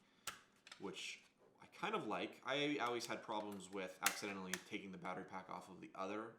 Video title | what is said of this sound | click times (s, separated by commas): Oculus Quest 2 Unboxing & Initial Thoughts | okay, they opted for a little click opener on the battery pack, | 0.3 s